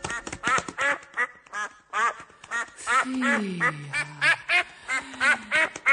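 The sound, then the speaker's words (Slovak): A steady stream of loud, nasal duck quacks, short harsh calls tumbling over one another in quick uneven bursts for several seconds, with a lower drawn-out call briefly underneath. “a len čo sa kačacej stupaje perou dotkne, jej strieborné vlásky na strieborné perie sa premenia a ona celá sa zrazu na kačku zmení.”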